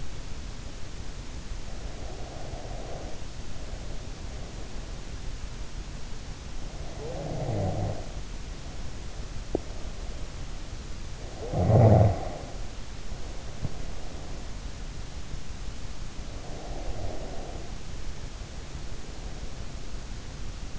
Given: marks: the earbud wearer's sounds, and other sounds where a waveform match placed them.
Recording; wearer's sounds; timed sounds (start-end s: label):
sounds in sleep by an in-ear microphone; breath, snoring breath
1.19-5.42 s: breath
6.71-14.90 s: snoring breath
16.01-19.65 s: breath